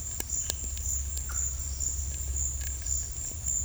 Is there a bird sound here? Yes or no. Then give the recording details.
no. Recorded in dense forest near Puerto Asís, Putumayo, Colombia, on 19 March 2025 at 14:00. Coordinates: 0.484, -76.317. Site G064